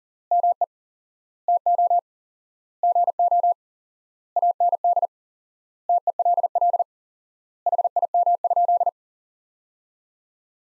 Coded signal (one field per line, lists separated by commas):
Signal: Morse code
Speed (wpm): 40 wpm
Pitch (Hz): 700 Hz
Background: none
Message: ME TO GO AND TELL HIM?